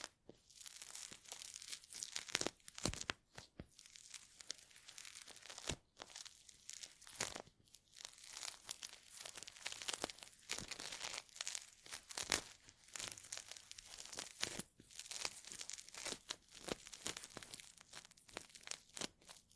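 Intense ear cleaning sounds: dense crinkling and scratchy rustling, bright and hissy with little low end. Sharp crunchy bursts and tearing-like scrapes come every second or two, with brief near-silent gaps between flurries.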